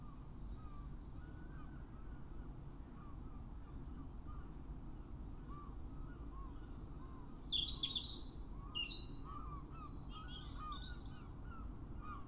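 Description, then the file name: European robin song: a brief high phrase past the middle, then fainter high notes, with a steady series of lower chirps and background rumble. "Erithacus rubecula"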